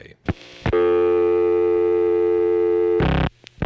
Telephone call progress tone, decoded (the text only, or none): dial tone